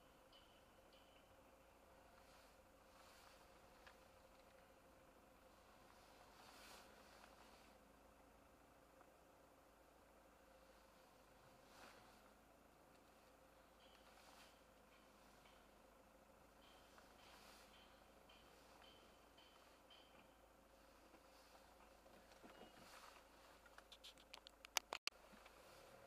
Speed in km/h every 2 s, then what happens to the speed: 0, 0, 0, 0, 0, 0, 0, 0, 0, 0, 0, 0, 0.
0-26 standing.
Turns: none.